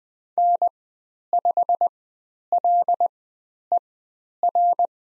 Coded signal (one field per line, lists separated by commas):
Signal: Morse code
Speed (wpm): 20 wpm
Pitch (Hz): 700 Hz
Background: none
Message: N5LER